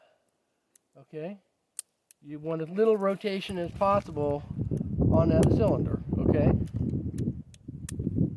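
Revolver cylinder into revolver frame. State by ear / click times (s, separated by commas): seated / 7.9 s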